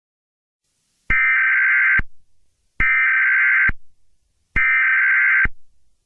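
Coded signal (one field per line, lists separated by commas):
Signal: Emergency Alert System (SAME) tones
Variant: header bursts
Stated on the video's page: Fictional EAS scenario about the hottest day in the history of the world.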